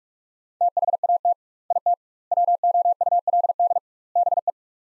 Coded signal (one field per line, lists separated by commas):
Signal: Morse code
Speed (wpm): 46 wpm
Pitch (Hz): 700 Hz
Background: none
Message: THAT IT WOULD BE